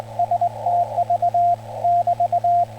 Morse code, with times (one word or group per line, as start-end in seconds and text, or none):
0.2-1.5 STV
1.8-2.6 <BT>